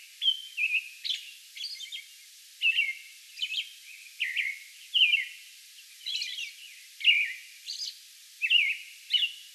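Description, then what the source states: American robin song of bright, downslurred whistled phrases interspersed with high, squeaky twittering notes. Song bout recorded on May 11.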